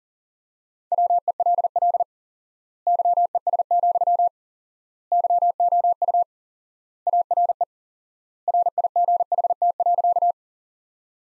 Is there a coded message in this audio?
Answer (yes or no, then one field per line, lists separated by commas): yes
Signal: Morse code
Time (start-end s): 0.9-10.3 s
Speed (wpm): 40 wpm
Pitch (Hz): 700 Hz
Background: none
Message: WELL YES, YOU ARE RIGHT.